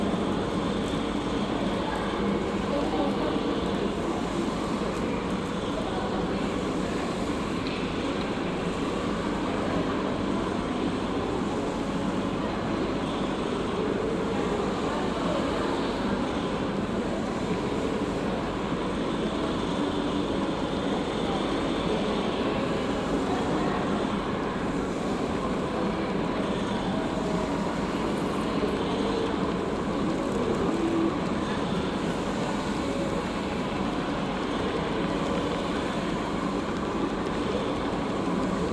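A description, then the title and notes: A city square in Rotterdam: a steady, dense wash of traffic and rumbling vehicles, possibly a passing tram or train, holds at an even level for the whole stretch. Low and midrange rumble dominates, with faint scraps of voices now and then. En Plein Publiek is a series of 4 soundscapes for 'Soundpiece' - a loudspeaker installation underneath the Schouwburplein (square in front of the Municipal Theater) in Rotterdam. The four pieces are based on sound recordings of other squares in the city of Rotterdam, made during the summer of 2011.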